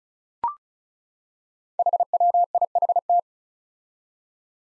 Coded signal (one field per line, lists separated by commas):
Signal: Morse code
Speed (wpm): 36 wpm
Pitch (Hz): 700 Hz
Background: none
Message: HWIHT